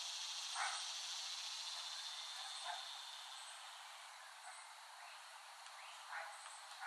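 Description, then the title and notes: Cicada buzz forms a constant high hiss, with a few short clicks and faint chirps breaking through at intervals. Several cicadas recorded by Dan Bodah in West Brighton, Staten Island, late summer 2008. "Dronecast: The Cicadas of Summer. Recording of cicadas made by Dan Bodah in West Brighton, Staten Island, late summer 2008"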